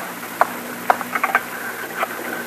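A rotary telephone being dialed to call headquarters: a few sharp clicks followed by light, uneven mechanical ticking and patter over a steady low hum, fairly quiet, with no voices.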